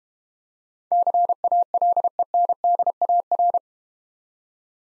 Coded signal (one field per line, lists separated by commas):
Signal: Morse code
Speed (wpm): 31 wpm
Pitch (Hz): 700 Hz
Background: none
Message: CALENDAR